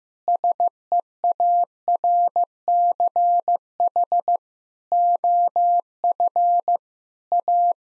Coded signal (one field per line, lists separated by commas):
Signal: Morse code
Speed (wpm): 16 wpm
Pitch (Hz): 700 Hz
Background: none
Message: SEARCH OF A